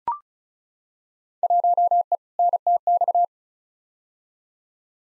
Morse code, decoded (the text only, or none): 1E NTX